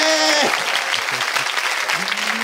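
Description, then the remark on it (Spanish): Dense, continuous hand clapping in a children's song about a whale learning to clap: a steady crackling wash of claps, with a brief tonal sung or spoken sound at the start and end. “Para todos conquistar, la ballena empezó a aplaudir. Aprendió a aplaudir.”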